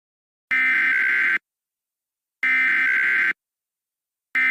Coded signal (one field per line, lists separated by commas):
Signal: Emergency Alert System (SAME) tones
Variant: header bursts